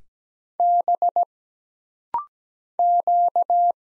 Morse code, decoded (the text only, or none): B Q